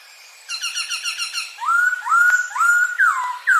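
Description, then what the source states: Bird singing: a quick run of short chipping notes, then loud clear whistles rising and holding level, repeated three times, then a downslurred whistle. Training recording for birds.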